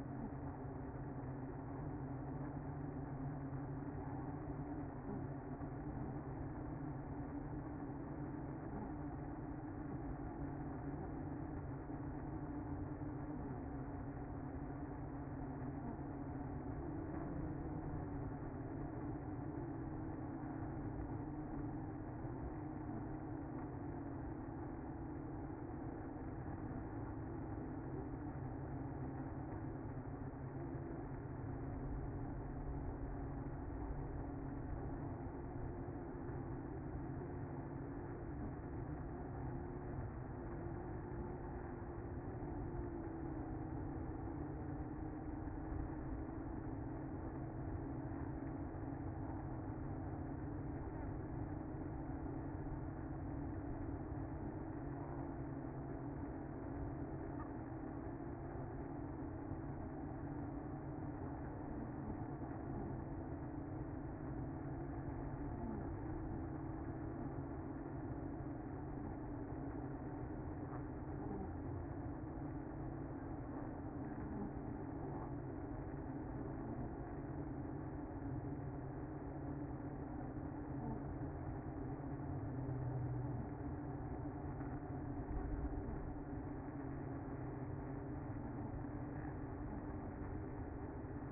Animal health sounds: honeybee colony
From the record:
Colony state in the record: active

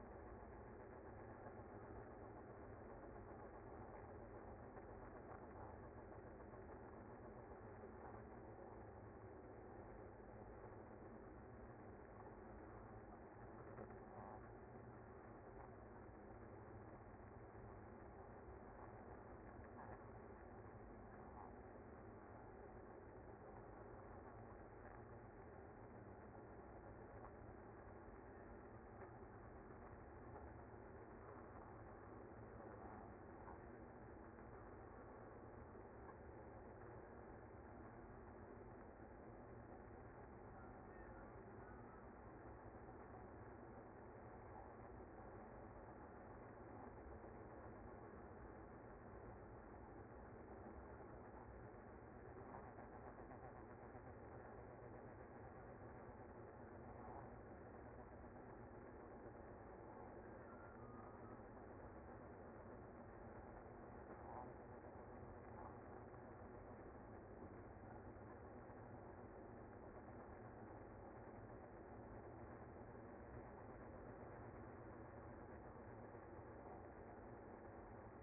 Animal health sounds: honeybee colony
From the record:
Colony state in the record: active

